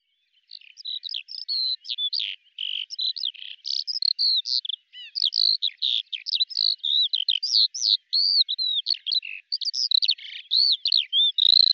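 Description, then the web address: Bird song: a long, fast, varied warble of high chirps and slurred whistles, running almost without pause with a few brief breaks. "Deverinetal 2025 File cleaned normalized Bird Al Ar"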